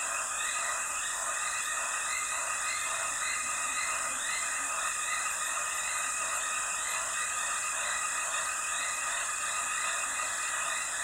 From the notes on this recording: Durational audio recording of the sound environment around a dry stretch of the Limpopo River in South Africa at the beginning of the rainy season.